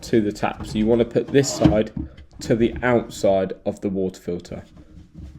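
A flexible hose's push-fit connector is handled at the outlet side of an under-sink water filter, the side that feeds the tap, while someone talks throughout. The connector has not been pushed home yet, and no click has sounded.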